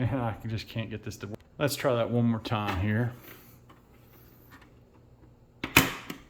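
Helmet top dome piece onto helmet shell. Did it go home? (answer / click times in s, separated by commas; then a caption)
yes / 5.6 s, 5.8 s. Someone talks while struggling to fit the magnetic plastic top dome piece onto a Star Wars Black Series Vader electronic helmet (2022). After a quiet stretch, the second attempt brings sharp snapping clicks at 5.6 and 5.8 seconds as the dome seats into place on the helmet shell.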